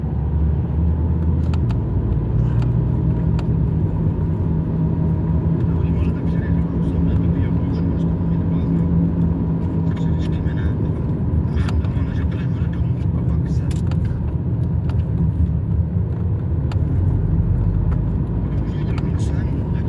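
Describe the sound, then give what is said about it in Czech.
A car drives steadily, its deep engine rumble and road noise filling the whole stretch with only slight shifts in pitch, while people talk over it now and then. “Auto, zabiju.”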